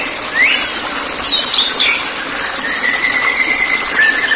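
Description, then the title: White-rumped shama song: a rising whistle and a few short slurred notes, then a long, nearly level whistle, over steady hiss. "Kicau Murai Batu"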